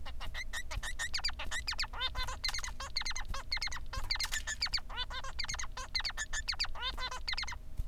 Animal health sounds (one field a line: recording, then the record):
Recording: song of a male Bengalese finch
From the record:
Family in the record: son of father 3